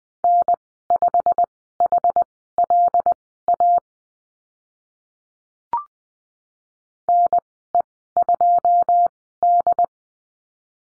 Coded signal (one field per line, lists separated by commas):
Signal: Morse code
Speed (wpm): 20 wpm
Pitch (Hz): 700 Hz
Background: none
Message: N5HLA NE2D